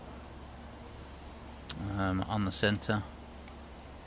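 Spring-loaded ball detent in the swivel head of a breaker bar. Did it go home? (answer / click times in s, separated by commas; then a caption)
yes / 3.5 s. Someone talks while the swivelling head of a steel Bergen breaker bar (from the 3/8" drive 15" long #1559 and 1/4" drive 6" long #1560 set) is moved to the straight centre position. At 3.5 seconds a short, sharp click sounds as the spring-loaded ball bearing drops into the detent. The head is seated in the centre.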